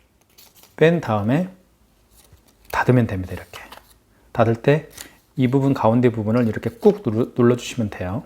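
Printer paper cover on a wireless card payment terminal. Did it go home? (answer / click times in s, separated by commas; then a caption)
no / none. The plastic printer paper cover of a KMC-C600Q wireless card payment terminal is being closed after the paper roll is loaded, and is about to be pressed firmly on its middle until it snaps shut. Someone talks throughout, with only faint handling sounds near 0.2 and 0.4 seconds. Nothing has seated or clicked yet.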